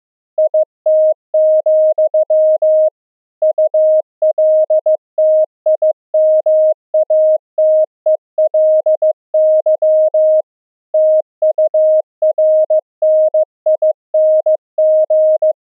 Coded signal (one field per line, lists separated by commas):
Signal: Morse code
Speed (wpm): 15 wpm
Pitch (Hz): 620 Hz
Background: none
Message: IT, ULTIMATELY TURNING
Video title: Pulse Density Modulation Morse Code, TRANSMIT & RECEIVE demo on LF band @64Khz - saves BATTERY DRAIN